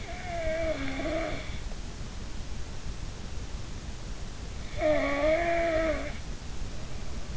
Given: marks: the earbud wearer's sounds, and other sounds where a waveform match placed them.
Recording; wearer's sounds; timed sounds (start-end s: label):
sounds in sleep by an in-ear microphone; snoring breath
0.00-1.46 s: snoring breath
4.61-6.07 s: snoring breath